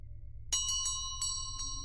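Bright bronze bell tones jingle in a quick irregular series of strikes, high and ringing, each note sustaining over a low steady rumble.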